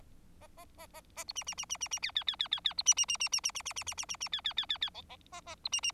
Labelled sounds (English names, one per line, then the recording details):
Bengalese Finch song
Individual Bird4